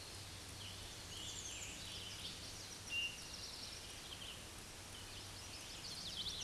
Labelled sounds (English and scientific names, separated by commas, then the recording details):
Black-and-white Warbler (Mniotilta varia) song
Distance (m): 20 m
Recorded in a Pennsylvania forest on 19 May 2023 at 11:27
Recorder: AudioMoth, point grid1_29_low
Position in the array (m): 17 m, 79 m